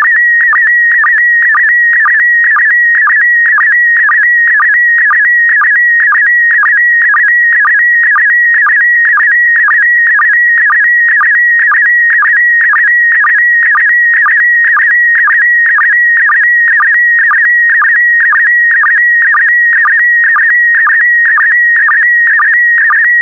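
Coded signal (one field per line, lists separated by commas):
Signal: SSTV (slow-scan television)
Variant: PD120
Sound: steady warbling whistle near 2 kHz with rhythmic low chirps twice per second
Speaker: Five, four, three, two, one. Thank you. Transmission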